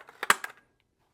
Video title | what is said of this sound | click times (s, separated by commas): Boolegon Blackout Roller Shades for Indoor Windows, Cordless Linen Fabric, White, Custom Size | Just snaps right in. | 0.3 s